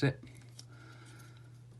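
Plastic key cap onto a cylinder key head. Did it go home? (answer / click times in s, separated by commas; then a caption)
yes / 0.6 s. A plastic key cap is pushed a little further onto the head of an Ultion WXM cylinder key while someone talks, and a short click at 0.6 s marks the cap seating fully home, smooth on both sides. A steady low hum runs under the clip.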